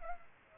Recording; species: mosquito wingbeat signal from an infrared sensor; Culex pipiens